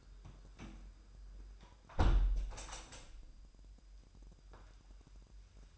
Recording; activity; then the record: daily activity, microphone in the room; close window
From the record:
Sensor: 2